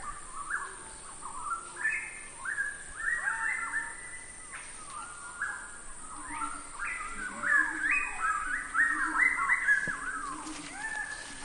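Northern variable pitohui calls: series of rich whistles rising and falling in short phrases, over a steady high-pitched hum.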